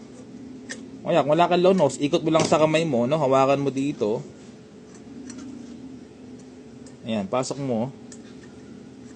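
A U-shaped part is turned by hand or with long-nose pliers and pushed toward the middle of an assembly whose three other parts are already locked. Someone talks over a low background hum, with a few faint handling ticks. The clip ends before the part goes home, so nothing has seated or clicked yet.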